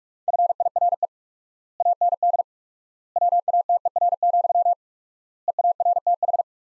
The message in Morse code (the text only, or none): FIRE AND WATER, EARTH